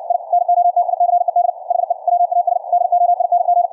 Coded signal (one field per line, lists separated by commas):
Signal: Morse code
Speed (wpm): 64 wpm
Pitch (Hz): 700 Hz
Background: none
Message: I NOTICED HE WAS DOING